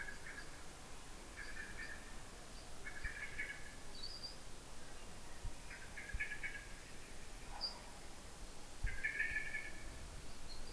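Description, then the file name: Eurasian blackbird calls: repeated harsh chattering bursts at irregular intervals, with a few brief high thin notes between them, over low steady noise. "Turdus merula"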